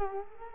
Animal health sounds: mosquito wingbeat signal from an infrared sensor; Culex quinquefasciatus

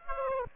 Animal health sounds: mosquito wingbeat signal from an infrared sensor; Aedes aegypti

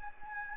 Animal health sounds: mosquito wingbeat signal from an infrared sensor; Anopheles gambiae

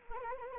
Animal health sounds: mosquito wingbeat signal from an infrared sensor; Anopheles arabiensis

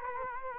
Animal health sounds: mosquito wingbeat signal from an infrared sensor; Culex quinquefasciatus

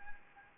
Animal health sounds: mosquito wingbeat signal from an infrared sensor; Anopheles arabiensis

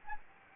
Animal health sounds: mosquito wingbeat signal from an infrared sensor; Anopheles gambiae

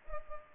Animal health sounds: mosquito wingbeat signal from an infrared sensor; Culex pipiens

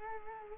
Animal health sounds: mosquito wingbeat signal from an infrared sensor; Culex quinquefasciatus

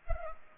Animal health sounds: mosquito wingbeat signal from an infrared sensor; Culex pipiens

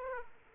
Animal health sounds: mosquito wingbeat signal from an infrared sensor; Aedes aegypti

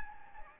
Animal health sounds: mosquito wingbeat signal from an infrared sensor; Anopheles gambiae

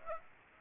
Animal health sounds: mosquito wingbeat signal from an infrared sensor; Aedes aegypti

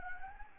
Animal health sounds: mosquito wingbeat signal from an infrared sensor; Anopheles gambiae

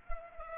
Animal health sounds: mosquito wingbeat signal from an infrared sensor; Culex pipiens

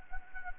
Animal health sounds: mosquito wingbeat signal from an infrared sensor; Anopheles gambiae

